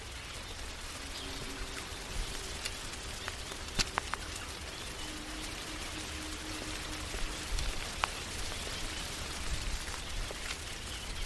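Raindrops fall on a tree in a steady, dense patter, with sharper individual drops ticking through at irregular moments, a few louder near four and eight seconds. A faint low hum runs underneath, and thin tonal lines hint at distant birds.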